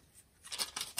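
A plastic part of a Transformers Authentics Optimus Prime action figure is pushed toward its mating part on the figure while it is being unboxed. After a quiet start, bursts of bright plastic rubbing and scraping rise around 0.5–0.6 s, 0.8 s and again near 1.0 s. The part has not locked into place yet, and nothing has clicked.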